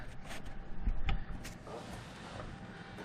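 A metal transmission cooler line on a 1998 Jeep Cherokee XJ is pushed into its quick-connect fitting on the first attempt. A sharp click comes at 1.1 s, with a weaker knock around 1.5 s, over a low rumbling background. The line is still not fully seated in the fitting after this push.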